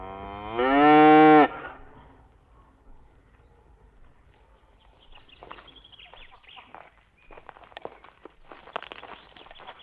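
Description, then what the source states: Cattle: one loud, rich moo in the first two seconds, followed by rustling, shuffling and clattering noises without further calls. Farmyard with cows, calves and heifers.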